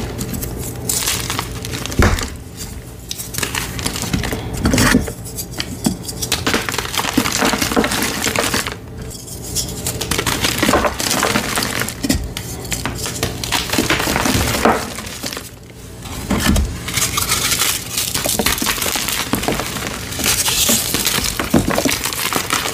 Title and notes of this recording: Fresh & Dyed Blocks Random Gym Chalk Crushing Compilation. Nonstop asmr crushing sounds